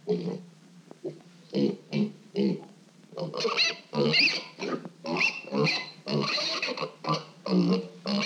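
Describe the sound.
Pig grunts and harsh snorts in a quick, irregular series, mixed with rasping squeals that grow denser and louder midway through.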